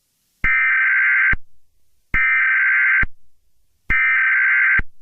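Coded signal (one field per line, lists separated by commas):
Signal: Emergency Alert System (SAME) tones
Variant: header bursts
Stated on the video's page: Fictional EAS scenario.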